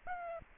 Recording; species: mosquito wingbeat signal from an infrared sensor; Anopheles arabiensis